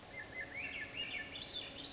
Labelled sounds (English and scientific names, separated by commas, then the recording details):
Swainson's Thrush (Catharus ustulatus)
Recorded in Sonoma County, California